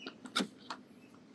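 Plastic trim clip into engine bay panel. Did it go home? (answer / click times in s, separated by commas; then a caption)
yes / 0.4 s. A plastic trim clip, an AliExpress version of the part, is pushed further into a Volvo engine bay panel because it does not hold until it sits slightly recessed. A short tap at 0.1 s is followed by a sharp click at 0.4 s and another brief snap at 0.7 s. The clip is seated and now holds tight.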